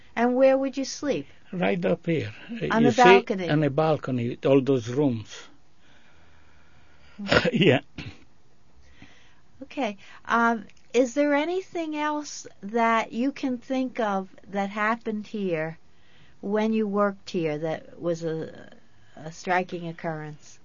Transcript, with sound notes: And where would you sleep?
Right up here. You see...
On the balcony.
On the balcony. All those rooms. (he coughs)
Okay. Is there anything else that you can think of that happened here when you worked here, that was a striking occurrence?